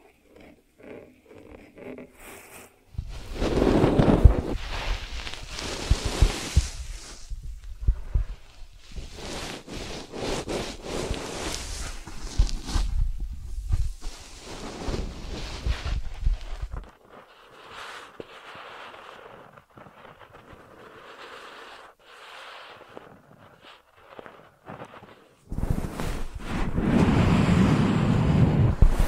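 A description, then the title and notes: ASMR ear treatment sounds: dense rustling and scratchy brushing start around three seconds and run with low thuds until about seventeen seconds. A quieter, sparser stretch of soft rubbing and taps follows, then loud rustling returns at twenty-five seconds. ASMR 3D Brain Penetrating Ear Treatment.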